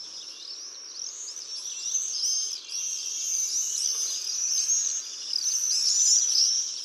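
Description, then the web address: Common swifts screaming together, a continuous chorus of shrill high trills and shrieks that grows louder toward the end. Jousting flights of common swifts. "annee nature les joutes du martinet"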